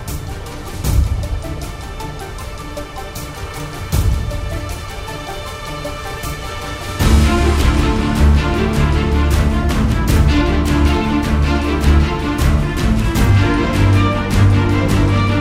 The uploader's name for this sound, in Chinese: 史詩音樂配合風雪的聲音